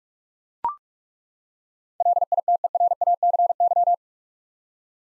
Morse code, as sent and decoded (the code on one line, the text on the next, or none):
.-.. .. - . .-. .- -.-. -.--
LITERACY